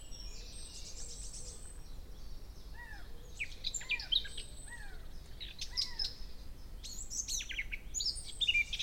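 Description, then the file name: Eurasian blackcap singing, a series of arched, slurred notes mixed with quick high twittering and warbled phrases over a low background rumble. "Sylvia atricapilla"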